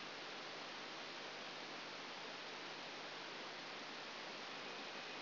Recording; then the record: brain microelectrode recording played as sound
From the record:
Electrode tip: outside the subthalamic nucleus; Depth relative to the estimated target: -8 mm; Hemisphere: right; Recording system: AlphaMap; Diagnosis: Parkinson's disease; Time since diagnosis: 11 years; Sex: female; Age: 60 years